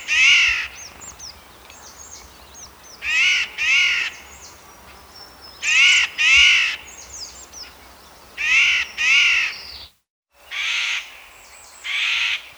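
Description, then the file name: Eurasian jay harsh rasping screeches, mostly in pairs every few seconds, with softer high whistled notes between them. "Garrulus glandarius"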